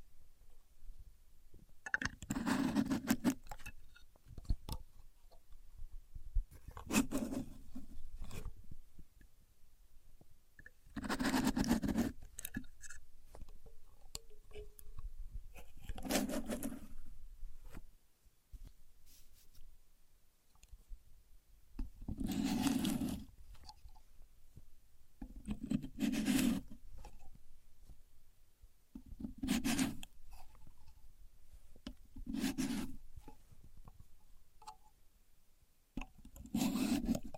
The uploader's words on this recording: A Contour Gauge. No Talking.